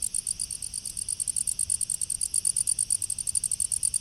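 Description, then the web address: Cardiodactylus cricket calling in a rapid, steady series of very high pulses, over a faint low background rumble. "cardiodactylus"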